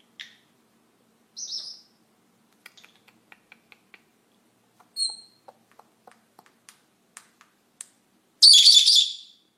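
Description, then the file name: Senegal parrot calls: sparse high whistled notes and faint clicks, ending in a loud harsh screech. "Canto do papagaio do senegal"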